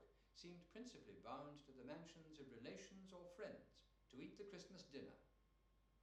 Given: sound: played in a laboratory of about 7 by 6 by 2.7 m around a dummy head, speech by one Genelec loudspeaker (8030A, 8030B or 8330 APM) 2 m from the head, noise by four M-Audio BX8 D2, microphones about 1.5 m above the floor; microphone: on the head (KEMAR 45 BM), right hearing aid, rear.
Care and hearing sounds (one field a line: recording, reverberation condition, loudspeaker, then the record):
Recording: male speech in English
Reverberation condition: medium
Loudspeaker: 150 degrees to the right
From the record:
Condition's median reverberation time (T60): about 510 ms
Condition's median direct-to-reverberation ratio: about -0.5 dB